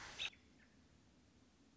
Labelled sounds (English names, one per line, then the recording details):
American Robin
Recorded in Sonoma County, California